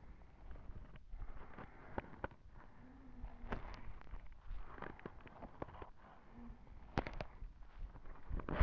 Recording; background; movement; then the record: deep breathing; quiet; sitting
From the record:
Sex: female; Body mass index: 18.8 kg/m2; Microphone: on the chest, facing the body